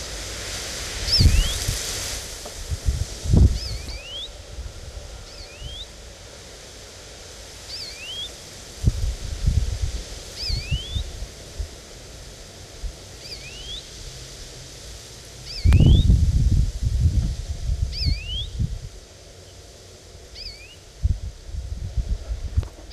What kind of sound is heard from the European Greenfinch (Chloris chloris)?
call